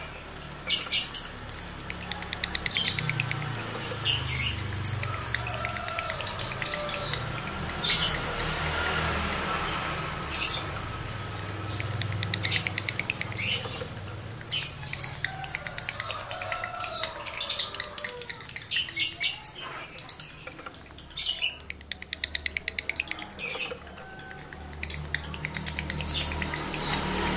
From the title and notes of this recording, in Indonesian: Birahi Lovebird Jantan ke Gacor. Suara Lovebird jantan birahi.